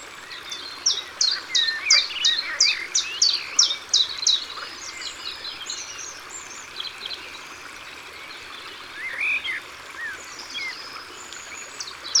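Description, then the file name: Common chiffchaff song opens with a quick run of falling notes, about three a second, then faint scattered notes follow. Recorded by the water. "Pouillot veloce Au bord de leau"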